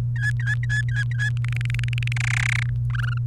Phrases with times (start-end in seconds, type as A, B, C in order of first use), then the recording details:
0.16-1.29 A, 1.37-2.12 B, 2.16-2.69 C, 2.90-3.18 D. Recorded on 28 April 2018 at 12:35. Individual llb3